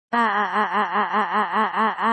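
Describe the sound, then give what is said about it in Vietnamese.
A loud, sustained cry of agony from a single voice, its pitch wobbling in a steady, rapid quaver for about two seconds without pause or words: the scream of the story character Uchiha Sankan as blood streams from his eyes and he clutches them in pain. “Ngay lúc này một đạo hét thảm âm thanh từ Uchiha Sankan trong miệng truyền ra.”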